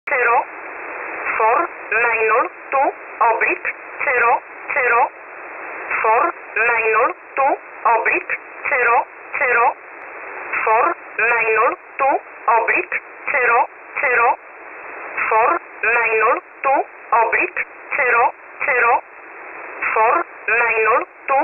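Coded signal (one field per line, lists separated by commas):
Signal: numbers station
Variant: E11 Oblique, English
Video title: 28 08 2021 Number station E11 Oblique in English to Eu 0730 on 7377 unknown tx site in USB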